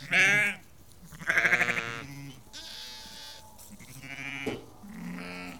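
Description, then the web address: Sheep bleating, several overlapping bleats, one loud trembling bleat early on. About 30 to 50 ewes and lambs calling. "The BBC Sound Effects Library Livestock About 30-50 Ewes and Lambs Calling"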